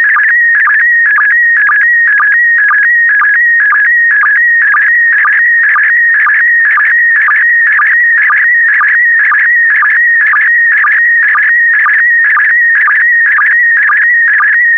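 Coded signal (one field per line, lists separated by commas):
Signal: SSTV (slow-scan television)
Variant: PD120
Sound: warbling, chirping tone with a steady rhythmic pulse about twice a second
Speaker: Five, four, three, two, one. Transmission complete.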